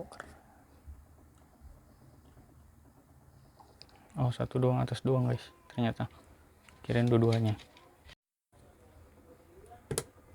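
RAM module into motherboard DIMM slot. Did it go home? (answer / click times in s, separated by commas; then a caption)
yes / 10.0 s. A RAM module is pressed into its motherboard DIMM slot while someone talks, and it seats with a sharp click at 10.0 s as the latch locks automatically at the top.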